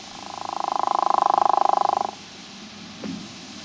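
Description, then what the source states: True frog giving one pulsed, rattling call lasting about two seconds, swelling then holding steady before stopping abruptly, followed by a brief soft knock. Family Ranidae.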